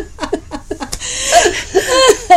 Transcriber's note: laughs